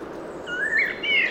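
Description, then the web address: Common blackbird with two short thin whistled notes against a constant rushing background. "SETE Turdus merula"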